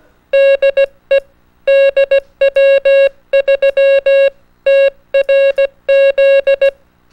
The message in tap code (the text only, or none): none